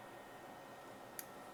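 A 2.5-inch SSD in its mounting bracket is handled at a Dell R210 II rack server chassis after being pulled out and checked, before being pushed back in to lock. Low steady hiss runs throughout, with a brief sharp handling tick at 1.2 seconds and a softer one at the very end. Nothing has seated or clicked into the lock yet.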